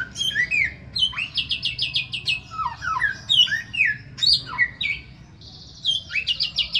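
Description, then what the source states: Bird song with fast buzzy repeated note series, falling whistled slurs and a sustained high trill near the end, over a faint low hum. A song variation in the samyong style.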